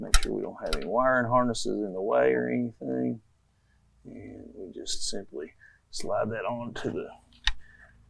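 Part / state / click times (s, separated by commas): fuel return line quick-connect onto fuel rail nipple / seated / 7.5 s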